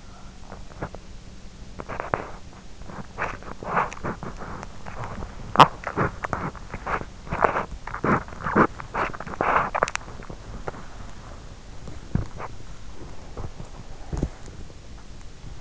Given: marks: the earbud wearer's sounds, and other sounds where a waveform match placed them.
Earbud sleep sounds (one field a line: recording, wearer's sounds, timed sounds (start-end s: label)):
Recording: sounds in sleep by an in-ear microphone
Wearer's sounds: body movement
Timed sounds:
0.32-15.61 s: body movement